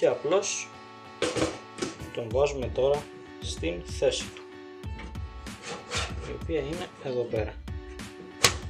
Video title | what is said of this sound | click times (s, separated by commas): PC Build Guide - Το Build των 250€ | Αφήνουμε εδώ πέρα να κουμπώσει. | 8.4 s